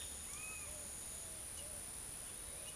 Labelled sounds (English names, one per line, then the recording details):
none
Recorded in forest near Pivijay, Magdalena, Colombia, on 3 June 2023 at 17:30
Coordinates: 10.467, -74.380
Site Z5-G034